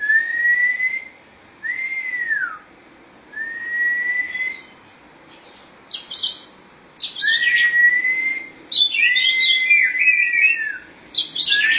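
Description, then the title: Oriental magpie-robin song: long, clear whistles, some rising and one falling, separated by pauses, followed by rapid, varied chattering and sweet whistled phrases. "Suara Kicauan Burung Kacer Durasi Panjang"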